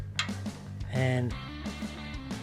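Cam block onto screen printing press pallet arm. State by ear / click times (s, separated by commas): seated / 0.2 s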